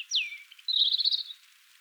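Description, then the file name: European robin song: a high note sweeping steeply downward, then a rapid shimmering warbled trill at high pitch. "Erithacus rubecula"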